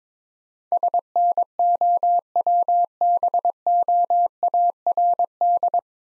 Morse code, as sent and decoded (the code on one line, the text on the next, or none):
... -. --- .-- -... --- .- .-. -..
SNOWBOARD